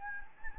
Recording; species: mosquito wingbeat signal from an infrared sensor; Anopheles gambiae